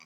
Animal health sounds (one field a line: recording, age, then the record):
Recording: pig call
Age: piglet (1 to 25 days)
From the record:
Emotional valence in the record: positive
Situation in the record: short reunion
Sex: female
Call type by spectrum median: high-frequency call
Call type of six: low-frequency tonal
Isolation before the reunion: 3 minutes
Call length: 0.06 s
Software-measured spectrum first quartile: 1873 Hz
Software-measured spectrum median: 2733 Hz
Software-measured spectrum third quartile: 5014 Hz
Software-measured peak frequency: 2280 Hz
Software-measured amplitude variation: 84 dB a second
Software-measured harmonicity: 3.4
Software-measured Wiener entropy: -1.53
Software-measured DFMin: 1193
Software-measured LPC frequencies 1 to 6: 1104, 2299, 3725, 4732, 6027, 7466 Hz